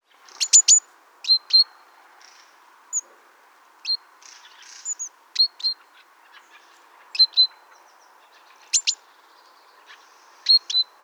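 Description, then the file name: Great tit giving short high sharp notes, often in quick pairs or triplets with downward sweeps, scattered irregularly throughout over a faint steady background hum. "Parus major"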